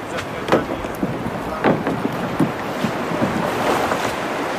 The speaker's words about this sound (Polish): No słuchajcie, koledzy, jak żeście zwiedzali, to może odbijamy od brzegu i sprawdzamy już na Dunajcu, jaka to ta woda dziś. Chodźcie do łódki.